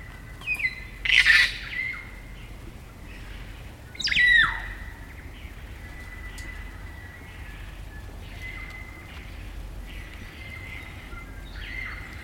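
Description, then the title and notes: Kaka calls: two loud grating squawks early on, then quieter drawn-out whistles and scattered calls over a steady background hiss. Kakas, a large parrot species, singing an eerie dusk chorus in late spring at Karori Sanctuary near Wellington, New Zealand. "It's late spring at the Karori Sanctuary near Wellington, New Zealand and the kakas – a large species of parrot – are singing their eerie dusk chorus. BBC Countryfile Magazine's Sound Escapes Recorded by Margaret Bartlett."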